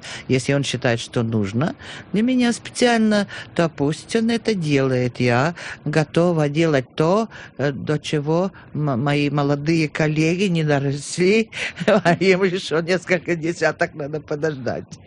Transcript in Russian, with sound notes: Если он считает, что нужно для меня специально, то пусть он это делает – я готова делать то, до чего мои молодые коллеги не доросли, (смеется) и им еще несколько десятков надо подождать.